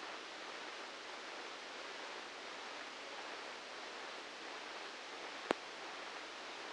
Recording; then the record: brain microelectrode recording played as sound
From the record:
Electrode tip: outside the subthalamic nucleus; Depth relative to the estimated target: -4 mm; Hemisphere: left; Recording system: NeuroSet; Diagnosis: Parkinson's disease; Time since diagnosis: 19 years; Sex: female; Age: 69 years